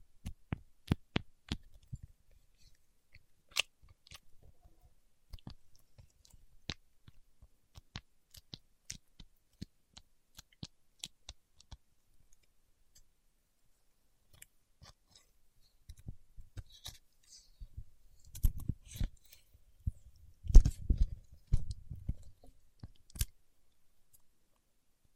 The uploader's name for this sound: Paraffin Wax Peeling, Tapping and Scratching